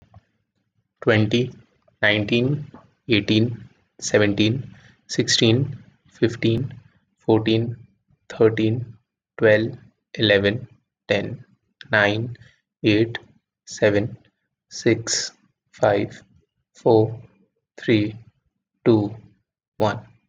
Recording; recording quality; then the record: counting at a normal pace; excellent, no background noise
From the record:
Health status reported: COVID-19 positive, mild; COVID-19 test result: positive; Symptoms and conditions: cough, fatigue, muscle pain, loss of smell and taste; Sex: male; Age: 27 years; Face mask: not worn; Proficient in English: yes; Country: India